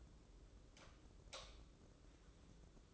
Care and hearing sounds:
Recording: daily activity, microphone in the room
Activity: light off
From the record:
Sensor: 3

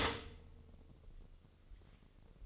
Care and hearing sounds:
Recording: daily activity, microphone in the room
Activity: stop toaster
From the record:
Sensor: 4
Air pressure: 1007.8 hPa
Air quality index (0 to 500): 104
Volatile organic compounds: 1 ppm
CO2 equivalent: 773 ppm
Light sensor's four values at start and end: 9/20/8/8 and 9/19/7/8

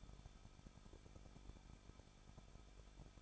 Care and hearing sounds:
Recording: daily activity, microphone in the room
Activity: no activity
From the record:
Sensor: 5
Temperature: 20.7 degrees Celsius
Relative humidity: 38.6%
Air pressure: 1006.5 hPa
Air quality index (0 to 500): 192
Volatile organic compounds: 21 ppm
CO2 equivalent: 2717 ppm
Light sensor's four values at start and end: 2/3/1/1 and 2/3/1/1

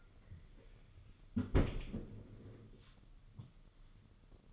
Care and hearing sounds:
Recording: daily activity, microphone in the room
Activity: close fridge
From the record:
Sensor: 4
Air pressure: 995.3 hPa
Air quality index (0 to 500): 212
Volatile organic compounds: 229 ppm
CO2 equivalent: 4302 ppm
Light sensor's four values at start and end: 33/104/39/43 and 35/108/41/45

